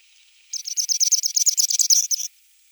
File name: konek sibirskiy golos